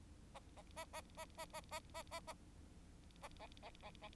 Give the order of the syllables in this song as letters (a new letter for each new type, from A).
A A A A A A A A A A A A B B B B